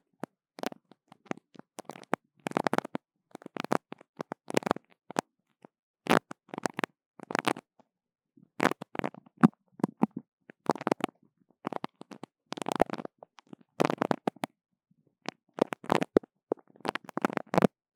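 Sticky sounds come in short bursts of tacky, crackling clicks, each cluster lasting under a second with silence between. The bursts repeat at an uneven pace, roughly once a second, with some sharp snaps rising above the fuller middle-pitched smacking.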